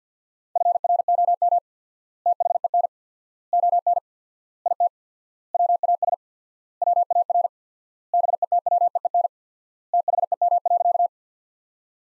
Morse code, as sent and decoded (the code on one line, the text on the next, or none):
..-. .-. --- -- / - .... . -. / --- -. / .. - / .-- .- ... / .-- .- .-. / -... . - .-- . . -. / - .... . -- .-.-.-
FROM THEN ON IT WAS WAR BETWEEN THEM.